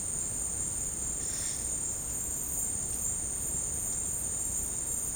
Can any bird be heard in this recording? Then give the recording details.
no. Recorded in secondary vegetation near Puerto Asís, Putumayo, Colombia, on 23 June 2025 at 14:30. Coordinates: 0.484, -76.319. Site G074